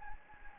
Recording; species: mosquito wingbeat signal from an infrared sensor; Anopheles gambiae